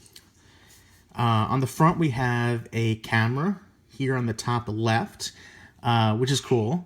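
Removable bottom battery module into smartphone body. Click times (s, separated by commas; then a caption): 0.1 s, 0.2 s. A removable bottom battery module is pushed back into the body of an LG G5 (Sprint) smartphone after no way to remove the battery is found. It snaps back in with two sharp, quickly decaying clicks at 0.1 s and 0.2 s, and then someone talks.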